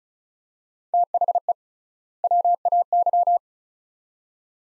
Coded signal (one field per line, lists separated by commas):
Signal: Morse code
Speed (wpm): 34 wpm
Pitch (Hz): 700 Hz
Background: none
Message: THE WAY